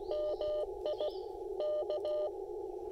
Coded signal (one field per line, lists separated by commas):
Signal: Morse code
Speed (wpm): 17 wpm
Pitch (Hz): 600 Hz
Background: radio noise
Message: MI K